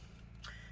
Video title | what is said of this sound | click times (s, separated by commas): ASUS GR8 Complete Disassembly RAM SSD Hard Drive Upgrade Replacement Noisy Loud Fan Repair | just get that connector in and then push on both sides it should you should feel kind of a little click | 0.4 s